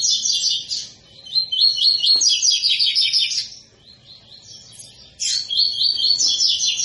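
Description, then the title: Double-collared seedeater delivering a long stream of rapid, high chirping trills, then a short lull before another bright, fast phrase. Tui-tui song style, described as a tutor song for teaching young birds. "COLEIRO TUI TUI FIBRA"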